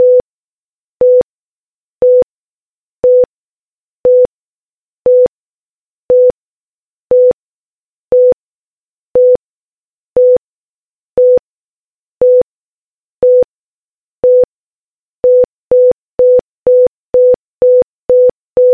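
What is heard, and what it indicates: A simulated heart-rate monitor gives single mid-pitched beeps, steady at about 60 per minute for the first 15 seconds. The rhythm then abruptly speeds up to roughly 125 per minute, a jump from a normal to an increased heart rate.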